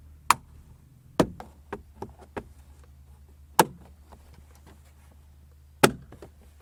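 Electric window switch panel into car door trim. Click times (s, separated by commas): 0.3 s, 3.6 s, 5.8 s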